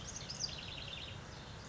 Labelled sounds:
House Wren
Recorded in Sonoma County, California

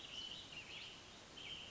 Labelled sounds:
American Robin
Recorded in Sonoma County, California

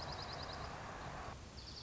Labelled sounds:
Dark-eyed Junco
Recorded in Sonoma County, California

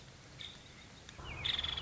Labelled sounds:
Nuttall's Woodpecker
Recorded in Sonoma County, California

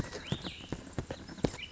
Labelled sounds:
Cassin's Vireo
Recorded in Sonoma County, California

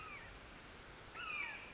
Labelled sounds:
Red-shouldered Hawk
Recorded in Sonoma County, California

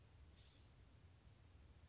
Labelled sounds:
California Scrub-Jay
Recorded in Sonoma County, California

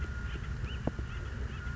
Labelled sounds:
Acorn Woodpecker
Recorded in Sonoma County, California

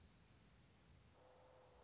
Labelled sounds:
Dark-eyed Junco
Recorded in Sonoma County, California

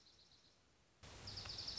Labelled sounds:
Dark-eyed Junco
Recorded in Sonoma County, California

